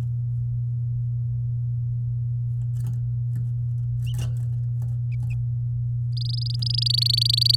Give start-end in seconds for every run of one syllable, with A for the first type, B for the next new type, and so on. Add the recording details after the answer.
6.17-7.55 A. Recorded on 8 May 2018 at 11:19. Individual llb16